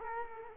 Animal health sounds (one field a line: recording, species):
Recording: mosquito wingbeat signal from an infrared sensor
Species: Culex quinquefasciatus